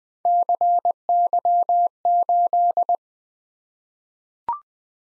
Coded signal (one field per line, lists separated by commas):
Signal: Morse code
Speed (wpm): 20 wpm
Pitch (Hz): 700 Hz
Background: none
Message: CY8